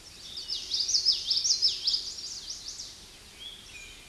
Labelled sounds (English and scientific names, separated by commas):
Common Yellowthroat (Geothlypis trichas) song